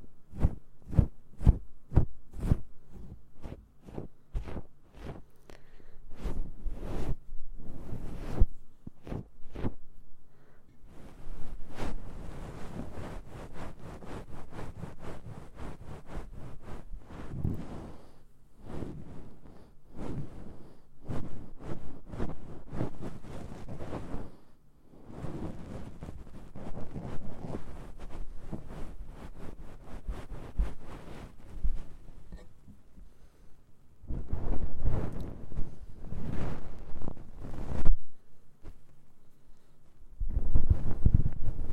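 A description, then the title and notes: ASMR mouth sounds and ear cleaning: a run of sharp, rapid clicks and pops opens the clip, then gives way to dense wet rustling and scratching in long irregular bursts separated by brief quiet gaps. A low steady hum sits underneath throughout. ASMR Mouth Sounds Ear Cleaning.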